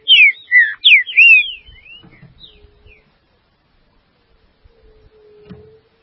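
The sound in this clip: Green-winged saltator delivering one bright phrase of quick, sweeping whistled notes, trailing off into faint whistles, light tapping and a soft hum.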